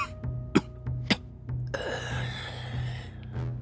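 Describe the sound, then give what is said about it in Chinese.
A single heavy, rasping cough from a newcomer just after blades clash, lasting about a second and preceded by two short sharp bursts, all over a steady low hum; the newcomer then swings a black blade. “只听叮的一声，兵器相撞，来人重重地咳嗽了一声，随后手中黑刀一挥，整个人往后撤了十几步。”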